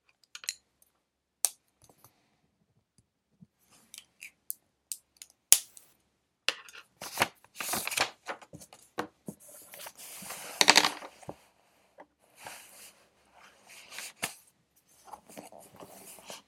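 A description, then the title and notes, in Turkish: Pencil work while studying: scattered sharp taps and clicks through the first half, then longer bursts of scratchy writing around seconds 7 to 11. Quieter short strokes and light ticks follow, with near silence between them. Ev, kütüphane çalışmaları ortam sesi. Kurşun kalem ile ders çalışma; ortam sesleri, beyaz gürültü alt yapısı.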